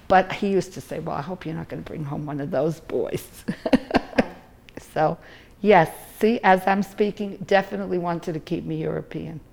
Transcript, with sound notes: But he used to say, well, I hope you're not going to bring home one of those boys. (laughs) So yes, see, as I'm speaking, definitely wanted to keep me European.